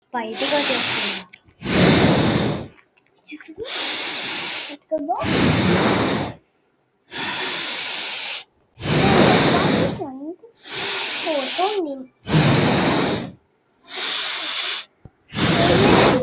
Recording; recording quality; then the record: deep breathing; excellent, no background noise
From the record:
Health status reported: healthy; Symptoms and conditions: none ticked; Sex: male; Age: 38 years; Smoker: not ticked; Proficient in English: yes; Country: India